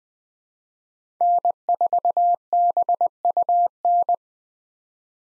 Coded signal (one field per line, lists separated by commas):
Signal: Morse code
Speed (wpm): 20 wpm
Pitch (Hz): 700 Hz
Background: none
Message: N4BUN